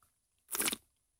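A single quick slurp of coffee from a champagne glass, a bright, airy hiss lasting about a third of a second, heard alone against quiet.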